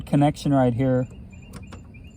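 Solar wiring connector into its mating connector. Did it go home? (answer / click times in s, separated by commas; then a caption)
no / none. Someone talks while an old, worn solar wiring connector is pushed together with its mating connector and pulled apart, and two faint, brief taps follow at about 1.6 and 1.7 seconds. The connector's tabs do not engage and it slides out easily; it has been worked loose by vibration, and nothing seats or clicks.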